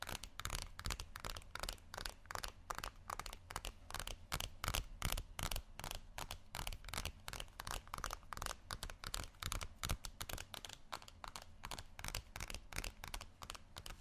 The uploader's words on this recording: ASMR Tapping Only Sleep Time（No Talking）.